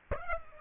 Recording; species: mosquito wingbeat signal from an infrared sensor; Aedes aegypti